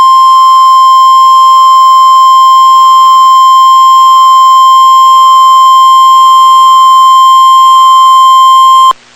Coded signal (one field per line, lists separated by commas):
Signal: Emergency Alert System (SAME) tones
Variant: 1050 Hz attention tone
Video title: Severe T'Storm Warning (EAS #357)